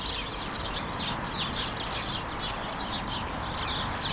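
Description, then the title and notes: Dense sparrow chatter, rapid overlapping chirps and chips without pause, backed by steady low noise. Countless sparrows gathered in a hedge, attracted by birdseed balls hung by residents; Urbanstraße, January 17, 2009. "urbanstraße: spatzen in einer hecke - the city, the country & me: sparrows in a hedge. unzählige spatzen, angelockt von meisenknödeln, die von anwohnern in einer hecke angebracht wurden countless sparrows attracted by birdseed balls in a hedge the city, the country & me: january 17, 2009"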